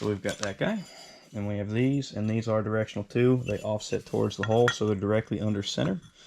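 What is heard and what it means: A directional offset metal spacer for a homemade traction bar, which offsets toward the hole so it sits directly under center, is handled near its bracket hole while someone talks, with light metallic handling sounds. Nothing has seated or clicked yet; the clip ends just before the spacer goes home.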